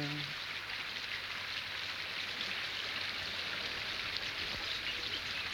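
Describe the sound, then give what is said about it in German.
A river flows steadily, its continuous rushing hiss broken by faint lapping of small waves, with no voices over it. “Das flache, weite, helle Land wird von dem dunklen Fluss, in dem Herr Müller schwimmt, zerschnitten.”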